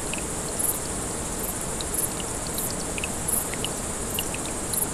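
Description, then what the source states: Grasshopper: short high buzzing bursts from grasshoppers repeat regularly over constant trickling stream water. Several grasshoppers beside a small brook, 6 August 2014, recorded on an MZ-N 710.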